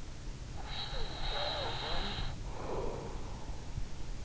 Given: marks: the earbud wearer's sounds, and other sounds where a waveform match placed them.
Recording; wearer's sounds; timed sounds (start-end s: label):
sounds in sleep by an in-ear microphone; breath
0.65-3.62 s: breath